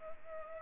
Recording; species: mosquito wingbeat signal from an infrared sensor; Culex pipiens